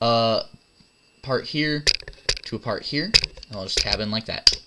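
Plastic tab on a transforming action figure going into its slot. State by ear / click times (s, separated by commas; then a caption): not seated / none. A plastic tab on a transforming action figure part is being handled and lined up with its matching slot during transformation while someone talks. Nothing has seated or clicked into the slot yet.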